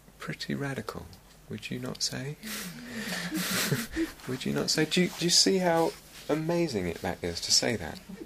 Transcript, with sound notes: pretty radical, would you not say? [laughter] Would you not say? Do you see how amazing that is, to say that?